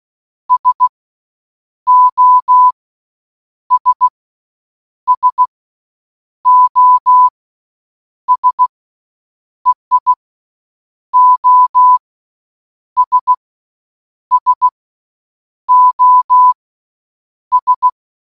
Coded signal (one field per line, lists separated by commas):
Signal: Morse code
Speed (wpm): 16 wpm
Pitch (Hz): 1000 Hz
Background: none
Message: SOS SOS EI OS SOS